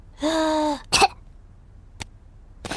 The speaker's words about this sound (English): Peppa listens to George's chest. Now, George, take a big breath in, then cough.